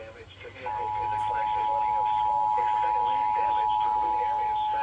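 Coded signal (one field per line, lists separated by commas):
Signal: Emergency Alert System (SAME) tones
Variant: 853 and 960 Hz attention tone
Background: speech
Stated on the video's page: Severe weather EAS alerts from Maine-area stations, including distant reception of weather radio station WXJ40 in central New Hampshire.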